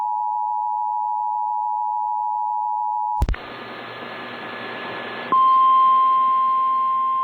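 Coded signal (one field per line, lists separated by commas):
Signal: Emergency Alert System (SAME) tones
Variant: 853 and 960 Hz attention tone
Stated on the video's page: Severe thunderstorm warning EAS alert with valid SAME tones.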